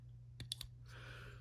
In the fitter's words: so you can hear it kind of click off it's not like hard to push over or anything